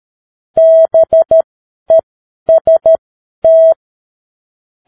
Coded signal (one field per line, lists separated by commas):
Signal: Morse code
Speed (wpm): 13 wpm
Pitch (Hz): 650 Hz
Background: none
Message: BEST